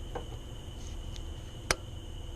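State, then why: Seated. A rubber ignition wire boot on a 2008 Chrysler Town & Country 3.8L is slid over the ignition coil tower electrode and pushed on, with faint soft ticks around 0.2 s and 1.2 s over a steady low hum and hiss. At 1.7 s a single sharp, bright snap is heard as the boot seats onto the coil tower.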